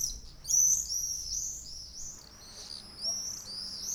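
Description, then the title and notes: Swallows twittering in high, rapid warbled phrases, with a brief quiet gap before the chatter resumes. About twenty swallows flying fast and low over houses, playing, on a summer morning in Ollo, Navarra. "Golondrinas En Ollo. Ollo, en Navarra donde durante una mañana de verano, donde unas veinte golondrinas revoloteaban a toda velocidad"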